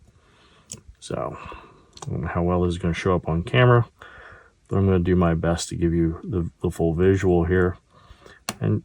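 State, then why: Not seated. A plastic coupler retainer clip is handled at the coupler box of a Halloween-themed model boxcar while someone talks, with a few faint clicks and taps of handling. Nothing has seated or clicked into place yet.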